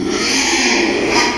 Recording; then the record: squeal of a Yucatan mini pig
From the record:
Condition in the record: after surgery on the right vocal fold (resection and tissue-engineered implant); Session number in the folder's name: 2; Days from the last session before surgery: 13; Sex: male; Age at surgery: 12 weeks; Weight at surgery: 13 kg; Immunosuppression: cyclosporine, prednisolone